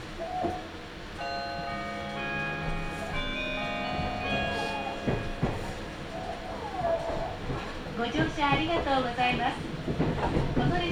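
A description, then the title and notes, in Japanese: Aboard a limited express train, a steady low rumble carries a series of sustained tones from about one to five seconds, like a motor whine or chime. Sharp clacks near five seconds suggest a seat being flipped, and voices grow busier toward the end. 名古屋鉄道 豊川線 特急 豊川稲荷→国府。朝２本だけ走っている特急列車に乗ってみました。とはいえ各駅に停まって国府まで進むのでゆっくりです。折り返し列車なので到着すると座席の向きをバタンバタンと変えながら座席確保をしていきます。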